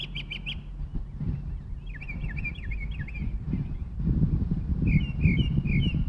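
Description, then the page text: Northern mockingbird song of changing phrases: a trilled burst, then zigzag notes repeated several times, then a quicker repeated motif, over low-pitched background rumble. Recorded in Maryland. "Northern Mockingbird via iNaturalist"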